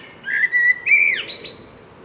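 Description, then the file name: Common blackbird with one short song phrase: a smooth whistled note that swoops down, then a brief high twittery ending. "Turdus merula"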